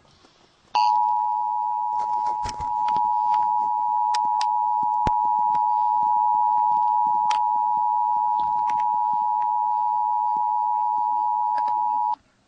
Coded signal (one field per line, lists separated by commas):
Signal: Emergency Alert System (SAME) tones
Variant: 853 and 960 Hz attention tone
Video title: Emergency Alert System - Civil Danger Warning (Mockup)